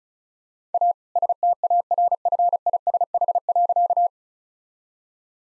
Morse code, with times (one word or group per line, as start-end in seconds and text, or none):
0.7-0.9 A
1.2-4.1 STARFISH.